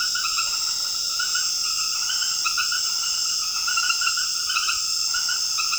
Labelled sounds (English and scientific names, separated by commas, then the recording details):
none
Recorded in secondary vegetation near Puerto Asís, Putumayo, Colombia, on 13 March 2025 at 20:30
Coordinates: 0.488, -76.319
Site G095